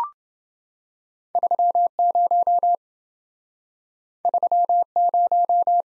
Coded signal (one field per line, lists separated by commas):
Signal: Morse code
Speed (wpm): 28 wpm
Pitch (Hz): 700 Hz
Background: none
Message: 30 30